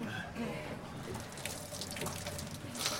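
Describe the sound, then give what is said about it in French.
Water is poured over an injured person's belly in a steady, splashing stream for a few seconds, a continuous hissing wash with slight surges in loudness and no voices over it. “Verse sur son ventre.”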